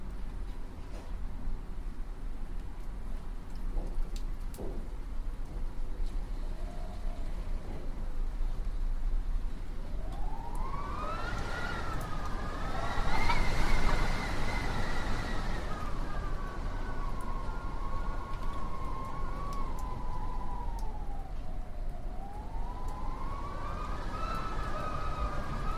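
Wind roars in a steady, dense rush with a deep low rumble underneath. From about ten seconds a howling whistle rises and swells, peaking around thirteen to fifteen seconds, then glides down and climbs again near the end, like a moaning tone over the gusts.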